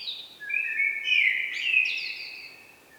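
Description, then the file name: Common blackbird song: mellow fluted notes with wavering pitch, topped by a thin, scratchy high flourish. "Turdus merula"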